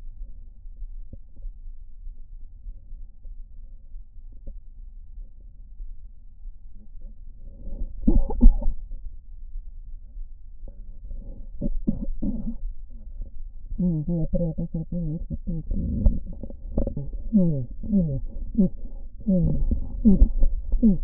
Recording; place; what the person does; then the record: lung sounds by stethoscope; right posterior apical chest; quiet breathing, then cough and speech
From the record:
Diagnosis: interstitial lung disease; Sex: female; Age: 70 years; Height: 160 cm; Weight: 93 kg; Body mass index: 36.3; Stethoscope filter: diaphragm mode